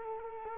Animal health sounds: mosquito wingbeat signal from an infrared sensor; Culex quinquefasciatus

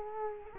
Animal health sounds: mosquito wingbeat signal from an infrared sensor; Culex quinquefasciatus

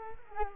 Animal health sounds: mosquito wingbeat signal from an infrared sensor; Culex quinquefasciatus

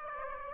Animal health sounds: mosquito wingbeat signal from an infrared sensor; Aedes aegypti

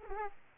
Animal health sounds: mosquito wingbeat signal from an infrared sensor; Aedes aegypti

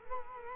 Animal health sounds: mosquito wingbeat signal from an infrared sensor; Culex quinquefasciatus

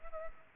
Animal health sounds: mosquito wingbeat signal from an infrared sensor; Culex pipiens

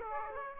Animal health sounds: mosquito wingbeat signal from an infrared sensor; Aedes aegypti

